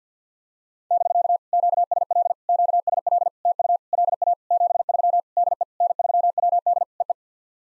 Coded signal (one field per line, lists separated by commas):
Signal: Morse code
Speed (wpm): 50 wpm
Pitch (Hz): 700 Hz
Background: none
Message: <BK> QSL QSL TU LA 73 DE N3WD EE